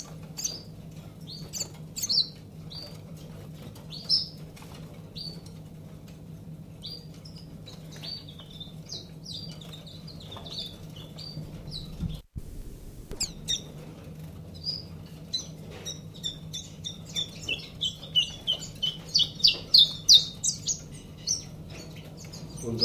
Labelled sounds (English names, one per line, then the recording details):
Common Chiffchaff call
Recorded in captivity
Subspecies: collybita
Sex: diverse
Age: adult
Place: Zoologisches Institut Universität Tübingen, Baden-Württemberg, DE
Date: 1964-09-18 13:30
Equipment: Nagra III PH, Parabolspiegel, LGS26
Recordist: Schneider, Hans-Joachim
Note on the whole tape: 1.Aufn.: Volierenanlage: Wanderrufe. Aufnahme mit Parabolspiegel. 2.Aufn.: Im Vogelzimmer: Männchen blau/grün - gelb/rot, schnelle Lautreihen ähnlich Teil C von coll.brehmii. Aufnahme vom 21. Januar 1965, 7 Uhr 55. Weitere Informationen als Ansagen auf dem Band. MaAs: M.Sch